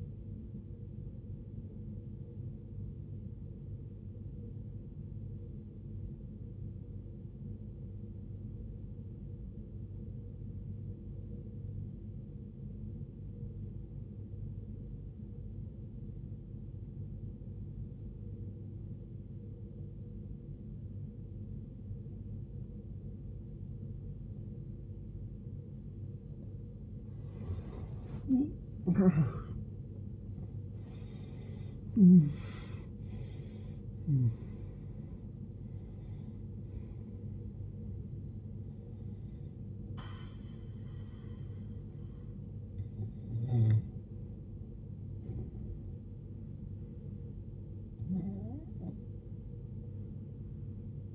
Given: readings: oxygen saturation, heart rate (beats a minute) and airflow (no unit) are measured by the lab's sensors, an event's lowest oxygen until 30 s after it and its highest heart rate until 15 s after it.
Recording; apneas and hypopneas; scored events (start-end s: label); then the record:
a person awake in a sleep study, by a smartphone at the bedside; 1
3.00-24.70 s: obstructive apnea (scored as awake, oxygen 94% highest, then 82% lowest, heart rate 50 at the start, 81 highest)
3.00-31.00 s: awake
30.00-51.15 s: new sleep stage, N1 (lightest sleep)
From the record:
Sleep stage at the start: awake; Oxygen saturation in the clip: 81 to 94%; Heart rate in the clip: 50 to 81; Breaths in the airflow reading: 6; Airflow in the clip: -20.4 to 19.4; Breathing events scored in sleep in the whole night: 389 in 6.3 hours asleep